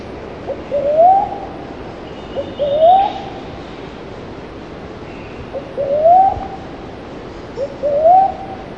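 Slender-billed cuckoo-dove calling: soft upslurred whooping coos, each led by a brief lower note, four times in nine seconds.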